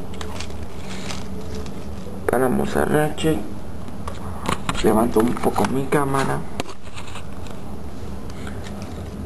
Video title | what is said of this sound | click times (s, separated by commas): Transformers DOTM Mechtech Deluxe Autobot Ratchet en Español | esto y aquí hace clic. No hace clic, pero se mantiene sólido. | none